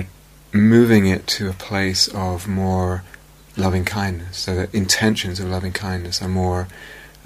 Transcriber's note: none